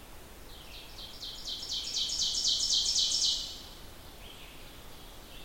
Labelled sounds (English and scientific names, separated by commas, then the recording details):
Ovenbird (Seiurus aurocapilla) song
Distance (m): 30 m
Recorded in boreal forest in Alberta, Canada, on 14 June 2016 at 05:40
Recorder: SongMeter 3, array SBT-3-33
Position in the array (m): 124 m, 22 m
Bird 21